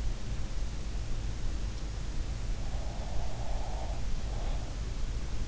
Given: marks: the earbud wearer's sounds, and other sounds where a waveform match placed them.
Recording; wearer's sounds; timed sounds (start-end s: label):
sounds in sleep by an in-ear microphone; breath
2.74-4.92 s: breath